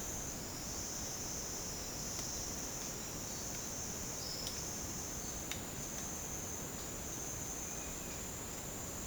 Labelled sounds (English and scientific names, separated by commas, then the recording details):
none
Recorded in secondary vegetation near Puerto Asís, Putumayo, Colombia, on 19 March 2025 at 08:30
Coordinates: 0.485, -76.322
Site G040